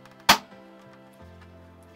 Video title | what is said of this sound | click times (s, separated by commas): I bought 18 broken Xboxes - Can I Fix Them and Make Money? | you know you got him when you hear the click | 0.3 s